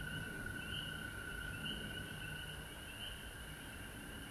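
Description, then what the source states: Frogs trilling together in a steady chorus, with repeated higher notes above the constant drone. Frogs recorded at home in Georgia on March 19, 2020.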